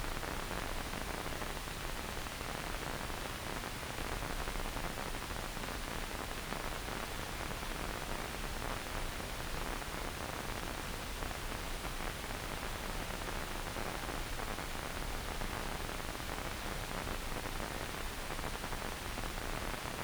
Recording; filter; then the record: brain microelectrode recording played as sound; wide band, above 20 Hz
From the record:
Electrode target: subthalamic nucleus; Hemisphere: left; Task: reaching with the right hand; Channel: 1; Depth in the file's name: 0.251 mm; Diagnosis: Parkinson's disease